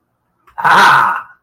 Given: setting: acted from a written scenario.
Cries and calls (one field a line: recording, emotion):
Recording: vocal sound without words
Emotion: pride